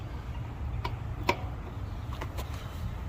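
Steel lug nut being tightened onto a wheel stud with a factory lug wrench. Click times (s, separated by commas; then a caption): 0.9 s, 1.3 s. A steel lug nut on the spare wheel of a lowered Cadillac Escalade is tightened onto its wheel stud with the steel factory lug wrench, with a leg leaned into the wrench. Sharp pop-and-crack clicks ring out at 0.9 s and 1.3 s, followed by fainter ticks near 2.1–2.4 s over low background rumble. The nut is confirmed tight enough.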